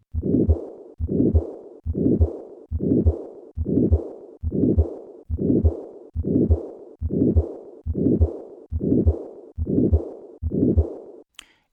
Significant aortic stenosis and aortic regurgitation.